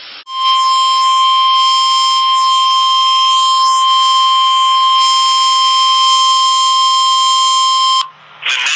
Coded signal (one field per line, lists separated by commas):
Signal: Emergency Alert System (SAME) tones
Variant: 1050 Hz attention tone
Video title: More Severe Weather... EAS Alerts from 7/14/23 (EAS 229-242)